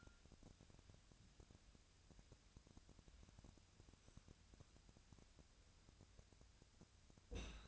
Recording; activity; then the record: daily activity, microphone in the room; wipe stove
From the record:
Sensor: 2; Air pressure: 1006.9 hPa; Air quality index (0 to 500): 198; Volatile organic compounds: 13 ppm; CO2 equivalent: 2425 ppm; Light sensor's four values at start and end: 9/23/9/9 and 9/23/9/9